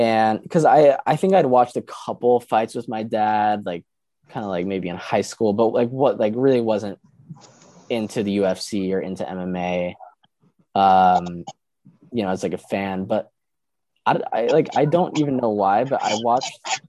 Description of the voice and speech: Originally from Los Angeles and is currently a senior at the University of Pennsylvania. He started coming to terms with his stutter in college. He is constantly working towards being able to speak with full confidence whether or not he stutters on the outside.